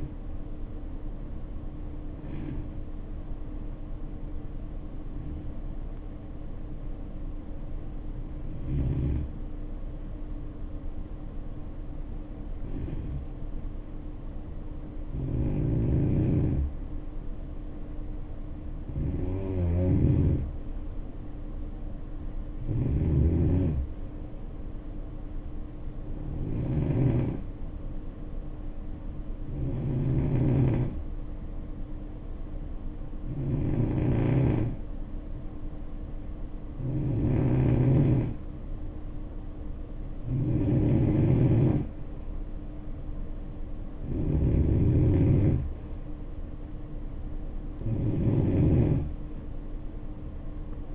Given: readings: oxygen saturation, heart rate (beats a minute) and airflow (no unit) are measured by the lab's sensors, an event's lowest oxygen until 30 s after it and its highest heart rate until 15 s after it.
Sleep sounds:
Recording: breathing in sleep by a smartphone at the bedside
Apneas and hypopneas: 2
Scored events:
3.00-19.30 s: hypopnea (N2, oxygen 92% highest, then 88% lowest, heart rate 60 at the start, 67 highest)
17.00-47.00 s: new sleep stage, N1 (lightest sleep)
30.00-43.30 s: hypopnea (N1, oxygen 91% highest, then 88% lowest, heart rate 67 at the start, 67 highest)
47.00-50.95 s: new sleep stage, N2 (light sleep)
From the record:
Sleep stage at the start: N2 (light sleep)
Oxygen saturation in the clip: 81 to 93%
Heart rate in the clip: 57 to 67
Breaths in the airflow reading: 12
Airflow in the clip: -7.5 to 3.8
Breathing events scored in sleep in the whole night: 520 in 7.2 hours asleep

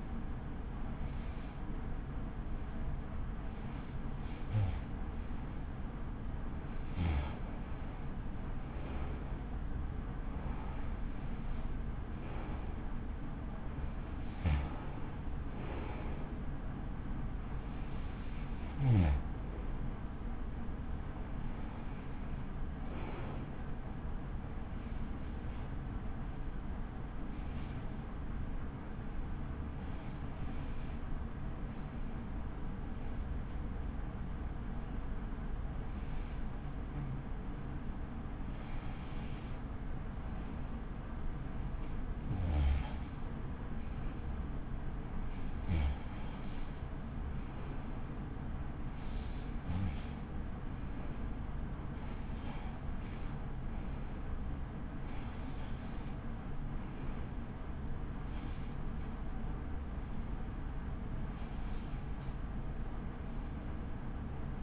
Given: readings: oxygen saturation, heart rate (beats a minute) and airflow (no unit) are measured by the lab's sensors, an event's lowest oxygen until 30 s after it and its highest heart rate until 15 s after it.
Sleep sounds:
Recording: breathing in sleep by a smartphone at the bedside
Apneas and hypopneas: 1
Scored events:
34.00-52.60 s: hypopnea (REM, oxygen 94% highest, then 91% lowest, heart rate 59 at the start, 60 highest)
From the record:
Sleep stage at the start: REM sleep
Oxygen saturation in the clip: 90 to 94%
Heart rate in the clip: 51 to 71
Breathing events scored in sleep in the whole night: 83 in 6.1 hours asleep

